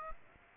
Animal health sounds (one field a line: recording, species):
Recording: mosquito wingbeat signal from an infrared sensor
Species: Aedes aegypti